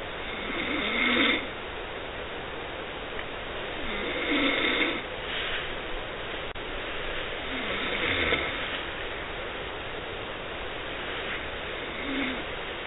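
Rough, rattling snores come in slow, evenly spaced bursts, about 16 a minute, with quiet breathing between them. The snoring is pretty loud even through a phone, though the sound is thin and muffled over a steady background hiss. This is ordinary snoring during sleep.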